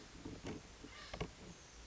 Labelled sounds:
Oak Titmouse (Baeolophus inornatus)

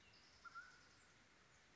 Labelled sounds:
Mountain Quail (Oreortyx pictus)

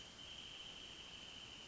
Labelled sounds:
Wrentit (Chamaea fasciata)

